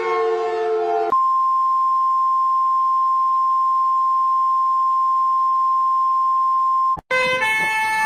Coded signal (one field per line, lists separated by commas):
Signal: Emergency Alert System (SAME) tones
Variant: 1050 Hz attention tone